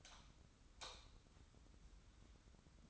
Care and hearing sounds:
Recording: daily activity, microphone in the room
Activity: light off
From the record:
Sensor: 3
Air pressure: 994.4 hPa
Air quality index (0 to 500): 213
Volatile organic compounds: 1000 ppm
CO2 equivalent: 7121 ppm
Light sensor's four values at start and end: 208/504/213/212 and 205/495/209/208

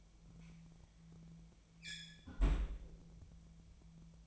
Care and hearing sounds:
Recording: daily activity, microphone in the room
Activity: close fridge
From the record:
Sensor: 1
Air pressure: 1009.7 hPa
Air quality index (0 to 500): 192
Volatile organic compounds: 18 ppm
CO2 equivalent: 2629 ppm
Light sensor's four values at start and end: 33/84/35/42 and 33/84/35/42

